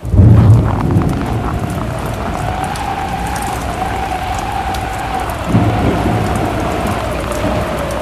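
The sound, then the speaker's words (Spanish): Steady, dense rain hisses throughout, with low rumbles of thunder swelling near the start and again around the middle. No voices are heard. “Incluso, la lluvia les jugó una mala pasada.”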